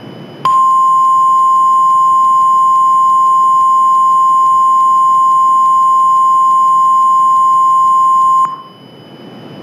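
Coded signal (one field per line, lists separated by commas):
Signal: Emergency Alert System (SAME) tones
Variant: 1050 Hz attention tone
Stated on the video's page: Hypothetical hurricane scenario alert with valid EAS tones; not a real event.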